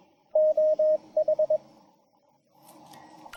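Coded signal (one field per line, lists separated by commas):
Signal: Morse code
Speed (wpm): 21 wpm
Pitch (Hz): 620 Hz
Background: radio noise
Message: OH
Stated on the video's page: Vibroplex Original Deluxe bug sent on the air during a POTA activation with a Penntek TR-45L; a paddle only triggers message playback.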